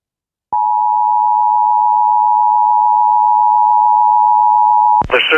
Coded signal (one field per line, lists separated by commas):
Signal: Emergency Alert System (SAME) tones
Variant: 853 and 960 Hz attention tone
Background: speech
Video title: (ARCHIVED) MTR SMW from WJON IP (EAS #208)